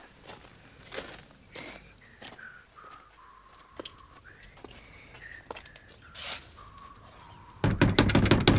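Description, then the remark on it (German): Slow, scattered footsteps crunch along over a faint high tonal whine as a police officer approaches a pavilion, then a burst of loud, rapid knocking pounds on its front door at the very end. “Ich klopfe an die Eingangstür.”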